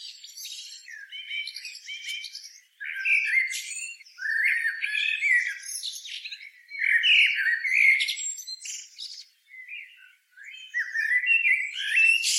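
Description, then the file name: Eurasian blackbird song: repeated mellow warbling phrases, each ending in thin, scratchy high notes, with brief pauses between phrases. "Turdus merula"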